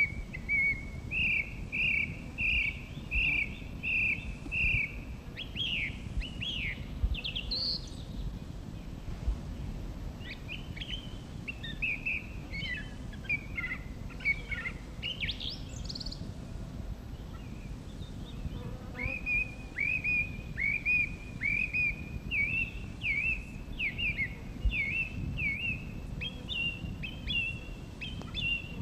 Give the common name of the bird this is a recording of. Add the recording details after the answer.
Song Thrush. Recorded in the wild. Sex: male. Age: adult. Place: Mirnock, Kärnten, AT. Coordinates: 46.75, 13.73. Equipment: Uher 4000, Phillips Mikrofon. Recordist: Brunner, Thomas